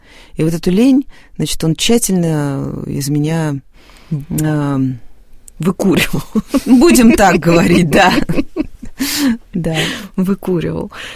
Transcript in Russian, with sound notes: И вот эту лень он тщательно из меня «выкуривал» — (смеются) будем так говорить, да... Выкуривал...